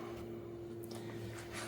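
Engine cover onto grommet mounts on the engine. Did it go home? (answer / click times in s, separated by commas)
no / none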